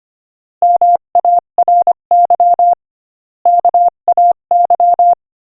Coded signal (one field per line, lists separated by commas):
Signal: Morse code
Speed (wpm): 24 wpm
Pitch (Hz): 700 Hz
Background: none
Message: MARY KAY